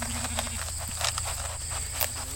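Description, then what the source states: Sheep grazing: quick, crisp grass-tearing bites in short bursts, several across two seconds, over a steady low hum. Recorded by a microphone worn by each sheep; quick high-frequency sound produced when grass is ripped during a prehension or intake event; studying grazing in shaded pastures, where sheep graze longer.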